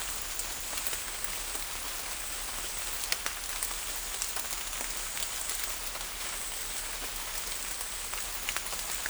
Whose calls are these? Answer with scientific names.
none